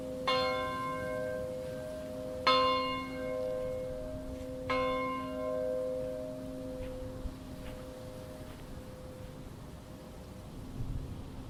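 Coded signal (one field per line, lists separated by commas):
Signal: clock strike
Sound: three slow, resonant church bell strikes about two seconds apart, each ringing out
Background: faint outdoor ambience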